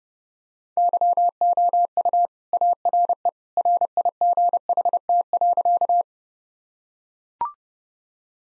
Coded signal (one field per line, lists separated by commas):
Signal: Morse code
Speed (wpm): 32 wpm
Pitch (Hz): 700 Hz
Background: none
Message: YOU ARE RIGHT.